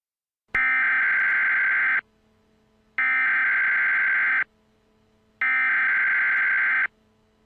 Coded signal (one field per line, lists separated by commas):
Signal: Emergency Alert System (SAME) tones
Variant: header bursts